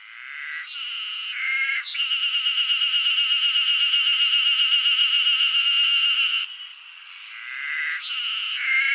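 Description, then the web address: Cicadas buzzing: a shrill, rapidly pulsed drone swells and holds for several seconds, with lower, scratchy phrases before and after it. Wild cicadas screeching in Hokkaido, Japan. "Google Sounds Sound Matters. Cicadas scree in wild hokkaido"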